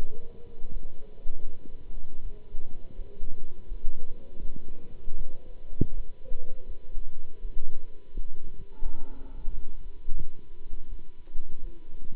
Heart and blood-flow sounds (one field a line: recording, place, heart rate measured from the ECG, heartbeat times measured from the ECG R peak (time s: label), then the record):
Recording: heart sounds by stethoscope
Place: between the tricuspid and mitral areas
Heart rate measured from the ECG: 83 bpm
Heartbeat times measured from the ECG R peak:
0.70 s: heartbeat
1.37 s: heartbeat
2.20 s: heartbeat
2.94 s: heartbeat
3.67 s: heartbeat
4.39 s: heartbeat
5.15 s: heartbeat
5.94 s: heartbeat
6.65 s: heartbeat
7.40 s: heartbeat
8.13 s: heartbeat
8.81 s: heartbeat
9.50 s: heartbeat
10.14 s: heartbeat
10.89 s: heartbeat
11.61 s: heartbeat
From the record:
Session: Bruce protocol treadmill stress test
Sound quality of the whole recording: good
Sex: male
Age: 26 years